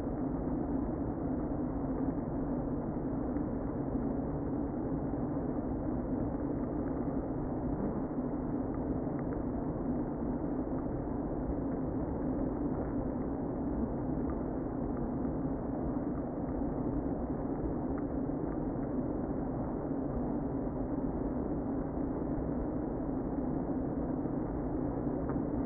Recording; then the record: honeybee colony, microphone inside the hive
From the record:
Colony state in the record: queen present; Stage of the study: before two queens were removed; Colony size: about 60,000 bees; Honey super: yes